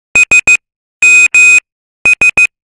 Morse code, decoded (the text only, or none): S M S